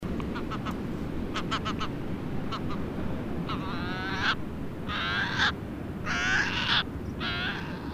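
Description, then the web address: Mediterranean gull calls: short clicking notes early, then four drawn-out nasal, harmonic calls in the second half, over a constant broad hiss. "Gabbiano corallino"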